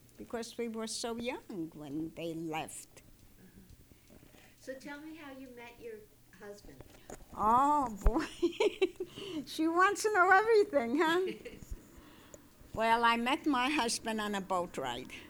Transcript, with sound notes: Because we were so young when they left.
So tell me how you met your husband.
Oh, boy. ( she laughs ) She wants to know everything, huh? Well, I met my husband on a boat ride.